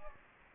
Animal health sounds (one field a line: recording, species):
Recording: mosquito wingbeat signal from an infrared sensor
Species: Anopheles gambiae